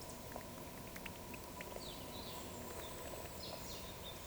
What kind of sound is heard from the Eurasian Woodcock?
whistle